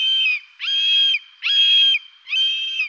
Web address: Buteo buteo